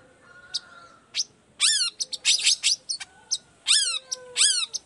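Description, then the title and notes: Long-tailed shrike song, separate shrill notes and sweeping downslurred whistles given in quick bursts, with fainter thin tones between them. Active morning singing with varied toet-toet notes, used as a lure recording to prompt other shrikes of any kind to reply quickly and open their beaks. "Cendet Gacor Dor Di Kala Pagi Toet Toet Variasi Suara. Cendet Gacor Efektif Pancingan Buat Cendet Jenis Apapun Agar Cepat Nyaut Buka Paruh. Burung cendet"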